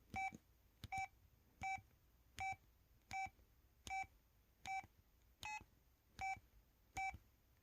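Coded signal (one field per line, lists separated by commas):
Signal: none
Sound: phone camera sound effects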